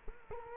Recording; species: mosquito wingbeat signal from an infrared sensor; Culex quinquefasciatus